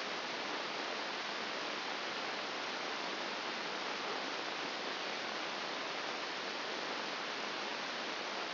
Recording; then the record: brain microelectrode recording played as sound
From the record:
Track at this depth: inside the subthalamic nucleus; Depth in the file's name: 2.504 mm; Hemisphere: left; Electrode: 2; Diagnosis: Parkinson's disease